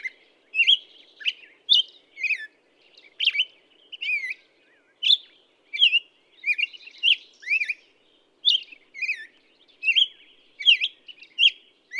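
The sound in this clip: Black-headed Grosbeak singing a long run of warbled phrases, the notes sliding up and down, with brief gaps between them.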